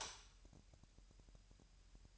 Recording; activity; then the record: daily activity, microphone in the room; light off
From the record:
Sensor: 2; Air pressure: 1001.8 hPa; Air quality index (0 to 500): 240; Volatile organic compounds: 31 ppm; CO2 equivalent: 2984 ppm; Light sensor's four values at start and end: 9/26/10/10 and 4/10/4/4